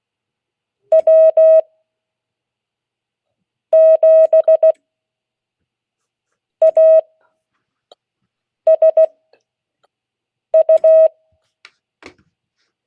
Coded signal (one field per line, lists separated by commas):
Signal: Morse code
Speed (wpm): 16 wpm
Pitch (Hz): 640 Hz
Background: none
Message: W7ASU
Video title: Friday 2022-08-19 Morse code class